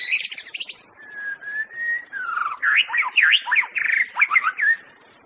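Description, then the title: White-rumped shama song: level whistled notes followed by a fast, continuous run of warbling, swooping phrases, against steady high-pitched hiss. Wild bird recorded in its native forest. "Suara burung murai batu asli hutan"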